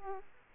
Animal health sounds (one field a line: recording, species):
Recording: mosquito wingbeat signal from an infrared sensor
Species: Aedes aegypti